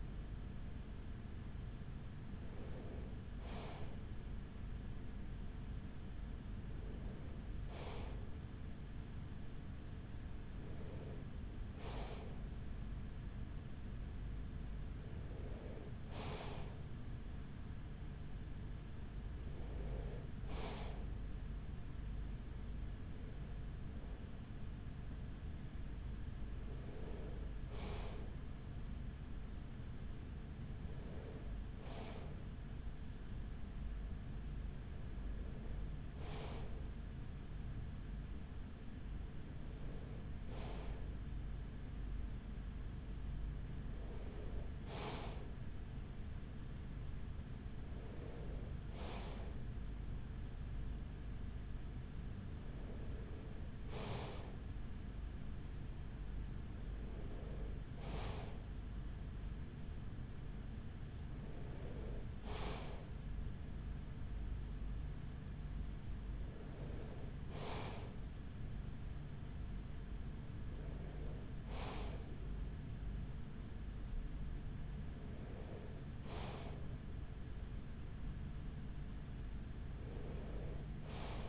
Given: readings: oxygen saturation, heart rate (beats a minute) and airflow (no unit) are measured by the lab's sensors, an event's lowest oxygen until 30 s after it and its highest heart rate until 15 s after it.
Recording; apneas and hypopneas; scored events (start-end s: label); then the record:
breathing in sleep by a smartphone at the bedside; none
34.00-64.00 s: new sleep stage, N2 (light sleep)
64.00-81.49 s: new sleep stage, N3 (deep sleep)
From the record:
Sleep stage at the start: N3 (deep sleep); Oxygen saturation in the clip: 94%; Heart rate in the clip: 42 to 45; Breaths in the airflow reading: 18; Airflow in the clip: -6.7 to 6.1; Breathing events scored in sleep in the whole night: 207 in 7.6 hours asleep